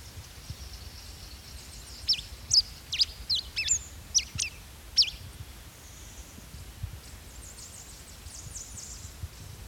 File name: Compsospiza baeri - Tucuman Mountain Finch